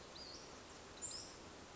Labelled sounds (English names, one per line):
Western Flycatcher